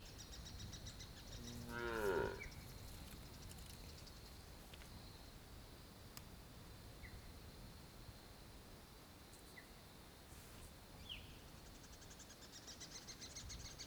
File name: Ambiencia fazenda vaca mugindo perto, passaros, passos na grama, mosca e cavalo longe